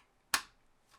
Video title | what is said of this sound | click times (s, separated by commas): Rebuilding my Workshop PC So I Can Stream! | there we go click click okay | 0.3 s